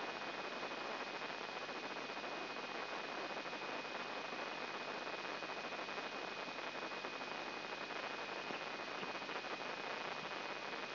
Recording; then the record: brain microelectrode recording played as sound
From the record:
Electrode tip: inside the subthalamic nucleus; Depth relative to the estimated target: -1 mm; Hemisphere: right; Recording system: AlphaMap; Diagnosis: Parkinson's disease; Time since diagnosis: 8 years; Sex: female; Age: 37 years